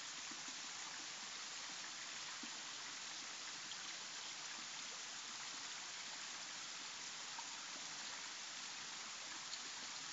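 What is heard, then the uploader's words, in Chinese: Clear spring water flows at Qingfeng Spring on Yuelu Mountain, making a dense, steady rushing hiss that stays even and bright for the full ten seconds. Faint small splashes and ticks turn up irregularly beneath the constant wash. 岳麓山清风泉流水声。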